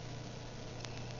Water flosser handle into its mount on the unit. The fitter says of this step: put it right up in there, pull it down, and it snaps right in.